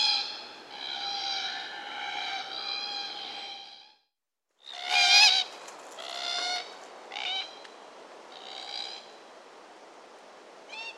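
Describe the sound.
Glossy black cockatoo calls: long drawn-out wailing notes, then after a short gap a burst of harsher, overlapping calls and several shorter wavering notes.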